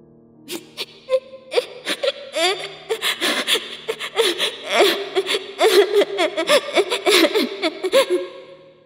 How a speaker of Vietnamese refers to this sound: Hai Đường nhận ra đó là một tiếng khóc thúc thích. Tiếng khóc tuy không lớn lắm, nhưng cũng đủ cho gã nghe thấy.